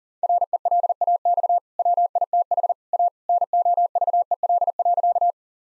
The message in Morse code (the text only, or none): RELAX WITH A NOVEL.